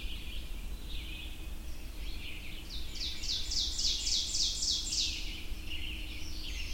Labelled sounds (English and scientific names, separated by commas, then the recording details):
Ovenbird (Seiurus aurocapilla) song
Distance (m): 40 m
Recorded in boreal forest in Alberta, Canada, on 22 June 2016 at 05:14
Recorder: SongMeter 3, array SBT-6-76
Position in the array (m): 150 m, 99 m
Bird 3